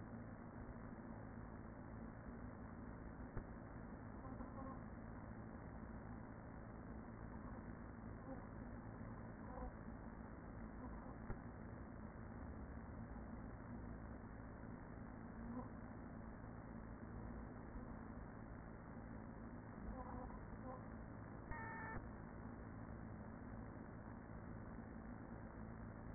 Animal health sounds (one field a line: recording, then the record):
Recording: honeybee colony, microphone inside the hive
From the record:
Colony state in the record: queen present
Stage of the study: after two queens were removed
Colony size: about 40,000 bees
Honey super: no